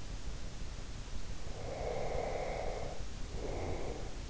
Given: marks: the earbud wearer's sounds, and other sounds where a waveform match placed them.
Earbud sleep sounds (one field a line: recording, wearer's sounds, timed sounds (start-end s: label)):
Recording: sounds in sleep by an in-ear microphone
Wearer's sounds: breath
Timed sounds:
1.50-4.30 s: breath